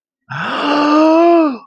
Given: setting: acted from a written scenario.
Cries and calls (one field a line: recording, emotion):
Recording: vocal sound without words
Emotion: positive surprise